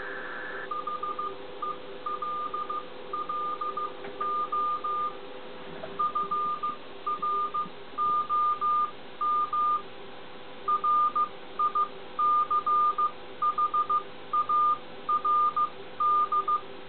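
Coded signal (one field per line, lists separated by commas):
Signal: Morse code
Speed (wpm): 15 wpm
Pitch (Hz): 1210 Hz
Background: none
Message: HELLO FROM RICHARD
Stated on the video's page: Strong Morse signal received off the air.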